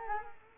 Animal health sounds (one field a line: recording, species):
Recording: mosquito wingbeat signal from an infrared sensor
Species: Culex quinquefasciatus